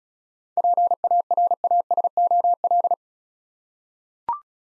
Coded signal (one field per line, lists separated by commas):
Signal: Morse code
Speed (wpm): 36 wpm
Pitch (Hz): 700 Hz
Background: none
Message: PARASOL